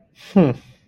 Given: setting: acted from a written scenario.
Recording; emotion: vocal sound without words; disappointment